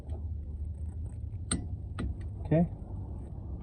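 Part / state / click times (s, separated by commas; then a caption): click-type torque wrench on differential cover bolt / torque reached / 1.5 s. A click-type torque wrench tightens a differential cover bolt on a 2007 Ford Mustang base model V6 during a differential fluid change, breaking over at its set torque with a sharp click at 1.5 s, followed by a softer tick at 2.0 s. Someone talks briefly over a steady low hum. The bolt is confirmed tightened to torque.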